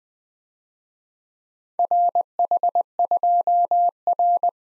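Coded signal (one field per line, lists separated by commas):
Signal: Morse code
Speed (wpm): 20 wpm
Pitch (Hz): 700 Hz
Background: none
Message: RH2R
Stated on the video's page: Morse practice of four-character letter-number groups in a speed-racing format, starting fast and slowing to a 17 wpm base, final repeat at maximum speed.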